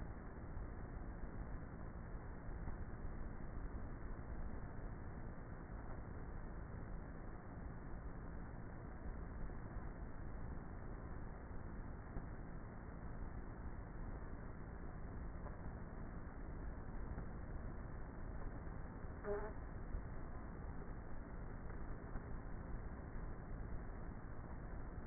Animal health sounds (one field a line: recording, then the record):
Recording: honeybee colony, microphone inside the hive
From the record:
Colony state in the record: queenless with a low population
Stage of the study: before two queens were removed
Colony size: about 30,000 bees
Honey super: no